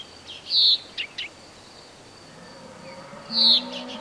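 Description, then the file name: Common chaffinch giving two sharp, bright call notes about three seconds apart, with a couple of faint ticking sounds between them. "Fringilla coelebs"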